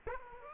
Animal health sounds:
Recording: mosquito wingbeat signal from an infrared sensor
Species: Aedes aegypti

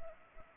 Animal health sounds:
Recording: mosquito wingbeat signal from an infrared sensor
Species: Anopheles arabiensis

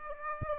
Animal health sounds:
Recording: mosquito wingbeat signal from an infrared sensor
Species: Aedes aegypti

